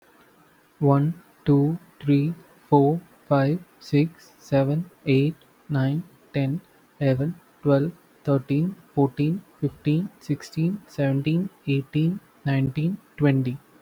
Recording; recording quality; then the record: counting at a normal pace; excellent, no background noise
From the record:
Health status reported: healthy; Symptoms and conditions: none ticked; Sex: male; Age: 25 years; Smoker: not ticked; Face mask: not worn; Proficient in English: yes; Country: India